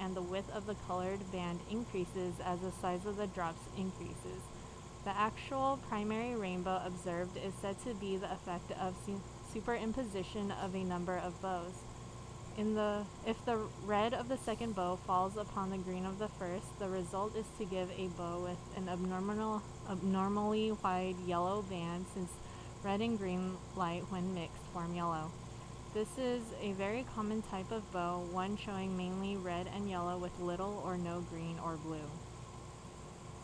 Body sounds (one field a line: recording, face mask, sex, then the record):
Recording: reading aloud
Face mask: surgical mask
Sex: female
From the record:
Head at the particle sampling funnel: turned sideways, cheek in front of it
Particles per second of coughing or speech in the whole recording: 0.0847